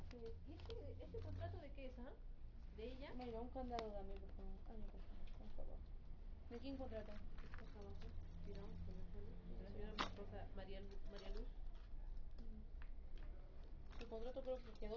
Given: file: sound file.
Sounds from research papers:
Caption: This file was rejected because the maximum signal level was quite low, leading to poor SNR. The low recording levels represent a technical problem in recording.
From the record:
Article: Validation of an Automated Cough Detection Algorithm for Tracking Recovery of Pulmonary Tuberculosis Patients

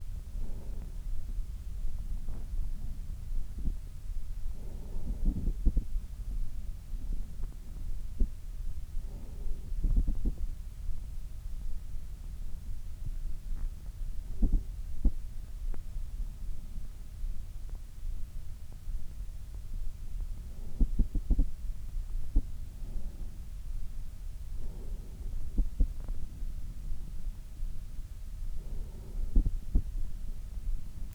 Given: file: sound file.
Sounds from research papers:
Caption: Audio file of post-treatment ear canal signal from the no.6 VPT patient.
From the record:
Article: Pre-Treatment Objective Diagnosis and Post-Treatment Outcome Evaluation in Patients with Vascular Pulsatile Tinnitus Using Transcanal Recording and Spectro-Temporal Analysis

